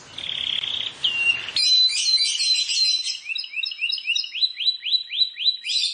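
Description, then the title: Plain prinia song: a buzzy note, then dense chattering, then a steady series of rising whistled notes. "Ciblek Sawah"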